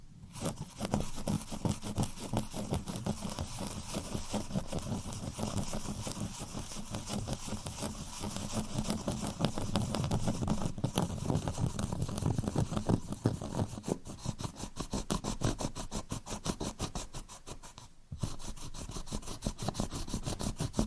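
Scratching on cork, a dense, rapid scraping that runs almost without pause for the whole stretch. The strokes come in quick, fairly regular bursts with a rough, gritty texture and a fuller low rasp underneath, briefly dropping out around eighteen seconds before resuming.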